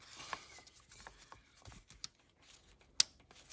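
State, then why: Seated. A new plastic degas coolant pipe's quick-release connector is pushed onto its spigot on the engine coolant outlet of a 2011–2014 Mk3 Ford Focus 1.0-litre EcoBoost, with faint rustling and small plastic ticks during the handling. A sharp, bright click at 3.0 s marks the connector snapping home, followed by another brief tick near the end. The connector is seated properly.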